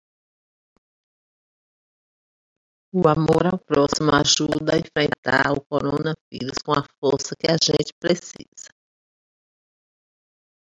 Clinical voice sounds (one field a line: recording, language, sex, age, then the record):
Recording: spoken sentence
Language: Brazilian Portuguese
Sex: female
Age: 60 to 69 years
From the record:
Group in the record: control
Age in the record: 64 years